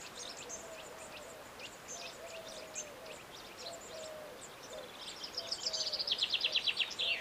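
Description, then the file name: Common chaffinch song begins late and is cut off: a run of bright, repeated notes. Before it, faint high chirps from other birds and a low whistled note repeat. "Fringilla coelebs"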